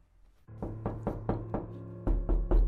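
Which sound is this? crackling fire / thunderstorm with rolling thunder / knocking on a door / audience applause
knocking on a door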